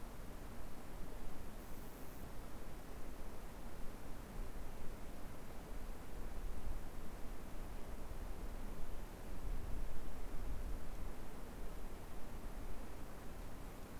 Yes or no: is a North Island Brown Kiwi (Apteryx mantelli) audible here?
no